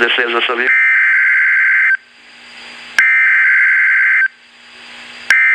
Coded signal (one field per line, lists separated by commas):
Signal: Emergency Alert System (SAME) tones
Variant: header bursts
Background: speech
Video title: Live Stream FAIL! Severe Tstm Warning (EAS #,1,090)